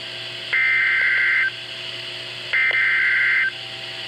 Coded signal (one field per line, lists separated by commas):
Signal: Emergency Alert System (SAME) tones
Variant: header bursts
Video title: Severe Thunderstorm Warning (EAS Alert #551)